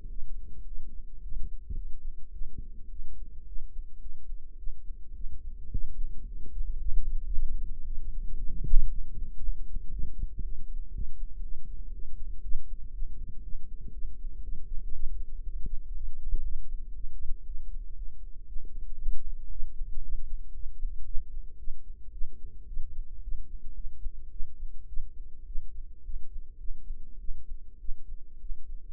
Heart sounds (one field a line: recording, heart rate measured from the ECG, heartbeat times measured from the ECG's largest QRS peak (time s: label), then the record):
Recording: heart sounds by microphone in the right ear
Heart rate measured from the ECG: 112 bpm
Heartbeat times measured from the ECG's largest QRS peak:
0.08 s: heartbeat
0.64 s: heartbeat
1.21 s: heartbeat
1.74 s: heartbeat
2.31 s: heartbeat
2.88 s: heartbeat
3.45 s: heartbeat
3.99 s: heartbeat
4.56 s: heartbeat
5.13 s: heartbeat
5.70 s: heartbeat
6.24 s: heartbeat
6.78 s: heartbeat
7.32 s: heartbeat
7.85 s: heartbeat
8.37 s: heartbeat
8.88 s: heartbeat
9.39 s: heartbeat
9.90 s: heartbeat
10.42 s: heartbeat
10.91 s: heartbeat
11.41 s: heartbeat
11.91 s: heartbeat
12.41 s: heartbeat
12.92 s: heartbeat
13.42 s: heartbeat
13.92 s: heartbeat
14.42 s: heartbeat
14.93 s: heartbeat
15.43 s: heartbeat
15.93 s: heartbeat
16.43 s: heartbeat
16.94 s: heartbeat
17.45 s: heartbeat
17.96 s: heartbeat
18.46 s: heartbeat
18.98 s: heartbeat
19.49 s: heartbeat
20.01 s: heartbeat
20.53 s: heartbeat
21.04 s: heartbeat
21.57 s: heartbeat
22.11 s: heartbeat
22.66 s: heartbeat
23.21 s: heartbeat
23.73 s: heartbeat
24.29 s: heartbeat
24.86 s: heartbeat
25.45 s: heartbeat
26.03 s: heartbeat
26.57 s: heartbeat
27.18 s: heartbeat
27.78 s: heartbeat
28.39 s: heartbeat
From the record:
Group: healthy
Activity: cold pressor test 0-3 s, rest 3-29 s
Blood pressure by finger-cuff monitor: 112/79 mmHg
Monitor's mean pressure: 90 mmHg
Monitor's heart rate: 113 bpm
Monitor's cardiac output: 8.6 L/min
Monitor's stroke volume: 78 mL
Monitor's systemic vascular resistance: 770 dyn s/cm5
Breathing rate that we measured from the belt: 24 breaths a minute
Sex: female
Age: 19 years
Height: 163 cm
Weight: 51 kg